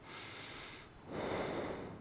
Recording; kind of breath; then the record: one breath in and out by a microphone near the nose and mouth; normal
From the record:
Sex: male